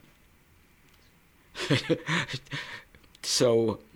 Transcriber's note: he laughs